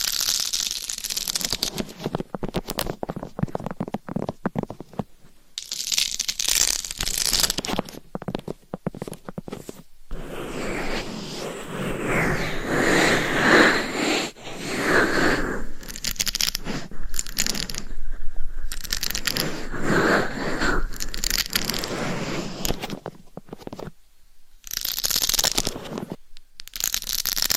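Scratching, rubbing and tapping on a dummy head mic fill nearly the whole clip with dense, crackly friction noise that rises and falls in bursts. Brief silent gaps break it up near 5, 10, 17, 24 and 26 seconds, and quick taps and crunches are scattered throughout.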